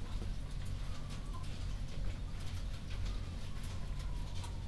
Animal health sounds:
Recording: poultry house recording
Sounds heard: healthy chickens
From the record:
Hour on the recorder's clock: 22

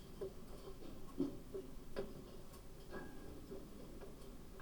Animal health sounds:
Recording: poultry house recording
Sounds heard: no chicken sound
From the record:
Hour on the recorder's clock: 22

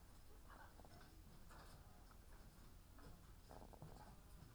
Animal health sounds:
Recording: poultry house recording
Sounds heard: sick chickens (respiratory disease)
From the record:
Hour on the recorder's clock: 17

